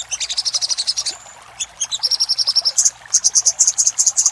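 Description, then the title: Little spiderhunter song: rapid runs of sharp, high chips, briefly pausing around one second before a higher series of ringing notes resumes. Master recording used to train cage birds; labelled Labaik. "Masteran Burung Sogok Ontong Labaik"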